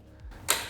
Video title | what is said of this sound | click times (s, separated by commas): Getting started with your Ensuite Mounted Double | fold out the wall until you hear that click so it clips into place over here | 0.5 s